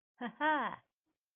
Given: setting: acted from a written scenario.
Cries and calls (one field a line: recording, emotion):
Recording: vocal sound without words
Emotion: adoration